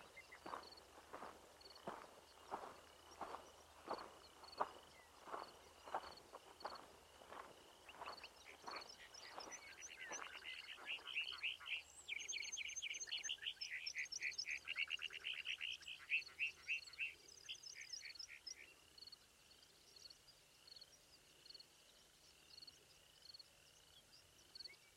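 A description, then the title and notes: Dawn on a grassland, opening with a slow, regular series of knocking calls about twice a second that quicken and fade by ten seconds. A bright, fluttering bird song then trills continuously until about nineteen seconds, over a faint steady low hum. Pawnee Grassland at Dawn. NE Colorado.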